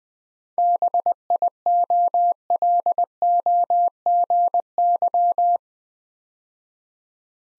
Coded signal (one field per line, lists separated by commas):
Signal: Morse code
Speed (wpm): 20 wpm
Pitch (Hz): 700 Hz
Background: none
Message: BIOLOGY